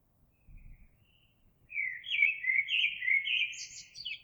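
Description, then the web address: Eurasian blackbird singing a fluting, warbled phrase that breaks into high twittery squeaks at the end, preceded by a faint soft note and a brief low thump. Recorded 26 April 2022. "oiseaux Merle 2022 04 26"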